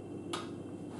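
The door interlock on a Blomberg WNF9448 front-loading washing machine releases at the end of a Cottons 40 shorter wash. A single sharp click is heard at 0.3 s over a steady low hum. The lock clicks open so the door can be opened.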